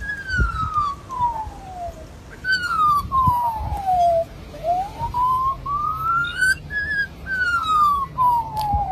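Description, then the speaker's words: Australian magpie mimicking a siren: long whistled wails sliding down twice, then up, then down again, with faint clicks and crackling noise underneath. Recorded in Australia in 2020 during the bushfires; the magpie mimicked the emergency services it heard racing to fires. "It's a magpie. It was recorded in 2020 when Australia was burning and the magpie was hearing all these emergency services racing to fires."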